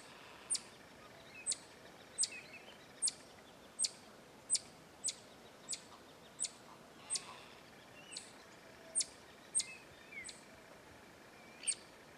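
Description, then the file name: Black-tufted marmoset calls: a series of piercing, very high, clipped chirps repeated roughly every second, with faint squeaks in between. "Canto do Mico Estrela"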